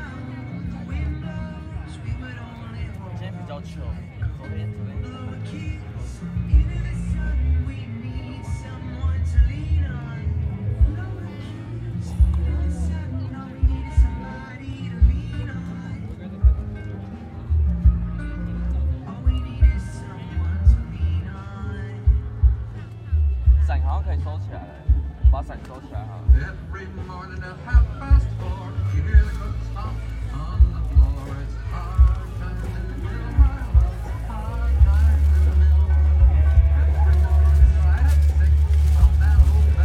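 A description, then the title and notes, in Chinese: Live recording at the Drifter music festival, dominated by heavy low thumping and rumble with frequent short knocks and bursts. Voices come and go through the middle section, and from about 35 seconds a steady loud low drone takes over. 錄音來自2020年漂遊者音樂祭現場收音，是真的噪音。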